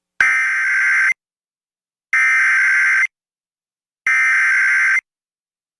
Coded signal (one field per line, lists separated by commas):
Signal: Emergency Alert System (SAME) tones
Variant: header bursts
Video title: EAS- KOGO-AM SVR (8/25/25)